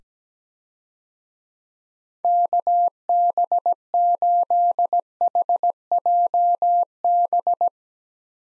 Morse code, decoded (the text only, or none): KB8HJB